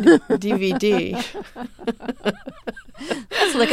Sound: laughter

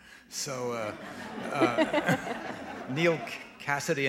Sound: soundbite of laughter

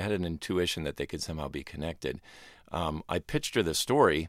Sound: none

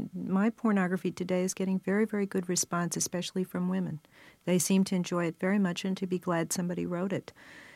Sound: none

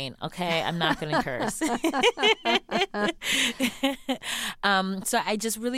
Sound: laughter

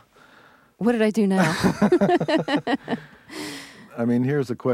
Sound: laughs

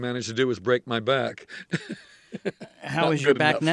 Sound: soundbite of laughter

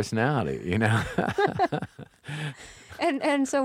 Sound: laughter

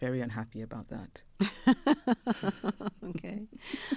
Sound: laughter

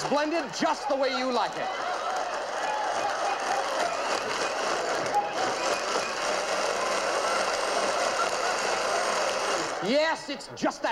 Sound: soundbite of blending noise, laughter

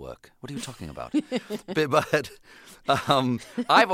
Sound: laughter

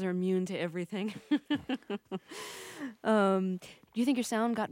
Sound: laughs

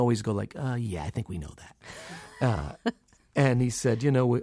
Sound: laughter

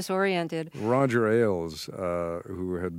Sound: none

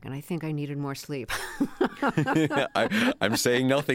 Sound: laughter

